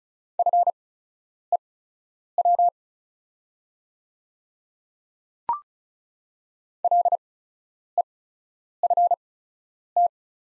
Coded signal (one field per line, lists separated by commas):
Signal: Morse code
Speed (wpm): 34 wpm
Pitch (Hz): 700 Hz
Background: none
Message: FEW LEFT